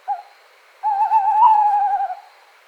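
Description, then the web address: Tawny owl hooting: a short hoot, a pause, then a long quavering, wavering hoot. "strix aluco call"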